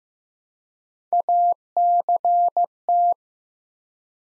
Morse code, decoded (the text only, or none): ACT